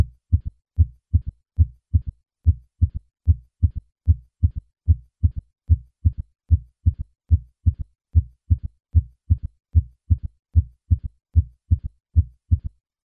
An extra heart sound that occurs in early diastole, shortly after the second heart sound. A low-pitched sound that requires the use of the bell of the stethoscope held lightly at the cardiac apex.